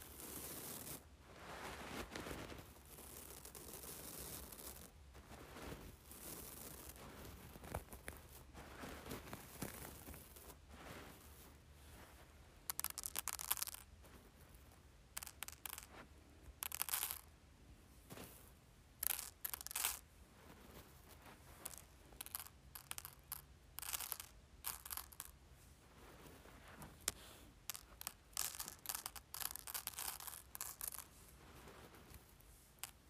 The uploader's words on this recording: ASMR Playing with Rice.